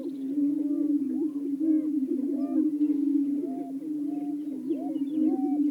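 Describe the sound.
Greater prairie-chicken chorus: a constant low booming hum overlaid by repeated short upward-arching whoops and cackles.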